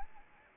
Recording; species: mosquito wingbeat signal from an infrared sensor; Anopheles arabiensis